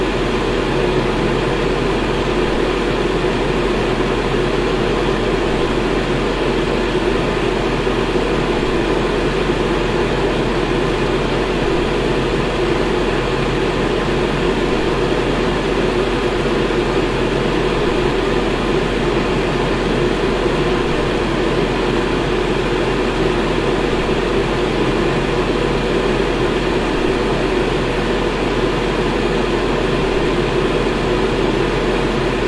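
A fan runs steadily for the whole recording, a constant dense whir with no pauses or changes in level. The sound sits mostly low to middle, with a strong low hum underneath and a softer airy hiss above, and no other sounds intrude.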